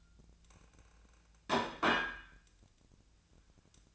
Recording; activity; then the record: daily activity, microphone in the room; place plate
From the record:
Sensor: 2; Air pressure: 1009.2 hPa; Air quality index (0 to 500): 185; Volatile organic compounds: 11 ppm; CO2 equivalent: 2307 ppm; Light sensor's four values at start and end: 22/54/23/25 and 22/55/23/26